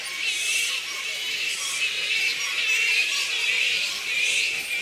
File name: black fruit bats -pteropus alecto colony squeaks